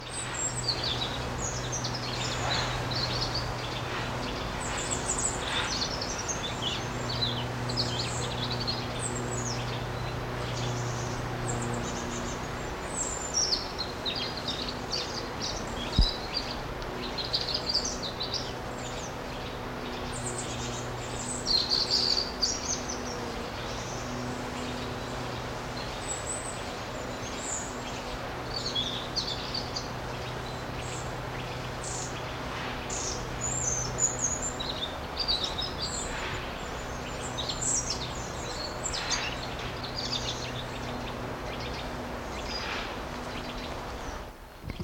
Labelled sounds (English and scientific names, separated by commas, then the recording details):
European Robin (Erithacus rubecula)
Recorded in the wild
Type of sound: song, call, call sequence, twittering
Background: Sitta europaea
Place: Eutin, Holsteinische Schweiz, Schleswig-Holstein, DE
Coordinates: 54.132, 10.614
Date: 1992-09-11 10:30
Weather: sonnig, 15-22°C
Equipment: Marantz CP 430, Sennheiser ME 80, Kopie Tesla B 116
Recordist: Tembrock, Günter
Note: Park Eutin, Gesang